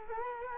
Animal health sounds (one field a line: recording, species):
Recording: mosquito wingbeat signal from an infrared sensor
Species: Culex quinquefasciatus